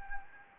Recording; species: mosquito wingbeat signal from an infrared sensor; Anopheles gambiae